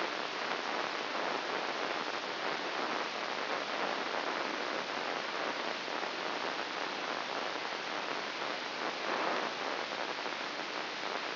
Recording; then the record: brain microelectrode recording played as sound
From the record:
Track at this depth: inside the subthalamic nucleus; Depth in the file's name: 2.604 mm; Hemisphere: right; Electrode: 3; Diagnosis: Parkinson's disease